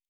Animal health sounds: hydrophone in a shrimp aquaculture tank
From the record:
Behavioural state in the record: normal

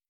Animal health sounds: hydrophone in a shrimp aquaculture tank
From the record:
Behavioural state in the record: feeding

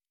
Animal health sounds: hydrophone in a shrimp aquaculture tank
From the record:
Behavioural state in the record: normal

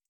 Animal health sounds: hydrophone in a shrimp aquaculture tank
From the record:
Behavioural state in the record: feeding

